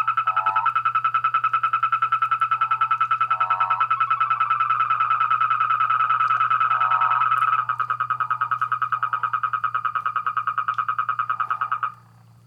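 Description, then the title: Frogs and toads calling in a loud pulsed chorus, rapid regular notes about three per second with short lower calls mixed in; the main voice stops near the end. Chorus of frogs and toads after spring rain, near San Javier, Córdoba region, Argentina. "Orgie de batraciens, Cordoba (AR)"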